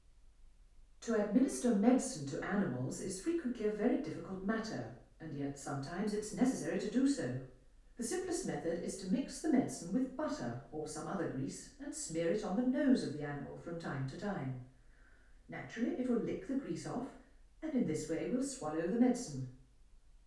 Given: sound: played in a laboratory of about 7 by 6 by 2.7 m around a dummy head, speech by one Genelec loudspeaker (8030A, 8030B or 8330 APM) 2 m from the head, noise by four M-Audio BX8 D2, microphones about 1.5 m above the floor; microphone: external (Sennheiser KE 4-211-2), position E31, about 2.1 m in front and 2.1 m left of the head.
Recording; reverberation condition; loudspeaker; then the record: female speech in English; medium; 60 degrees to the right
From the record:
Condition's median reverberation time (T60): about 510 ms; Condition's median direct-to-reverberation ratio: about -0.5 dB